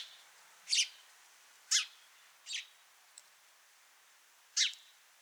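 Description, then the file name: House sparrow call, four single harsh chirps, with a longer quiet gap before the last. "Passer domesticus"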